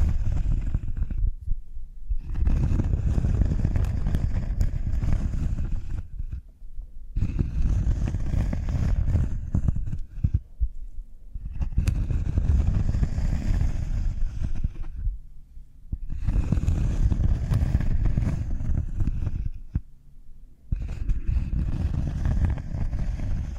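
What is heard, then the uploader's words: Cork triggers handled in repeated passes, each a dense, scratchy rubbing or squeaking lasting several seconds, heaviest in the low range with a rough crackle above. Brief quiet gaps fall between passes, roughly every four to five seconds, near 2, 6, 10, 15 and 20 seconds. ASMR Cork Triggers. (No Talking).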